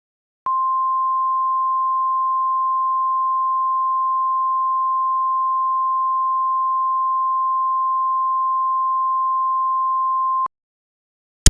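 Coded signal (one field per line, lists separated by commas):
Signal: Emergency Alert System (SAME) tones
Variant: 1050 Hz attention tone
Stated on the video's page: Fictional EAS scenario with valid EAS tones.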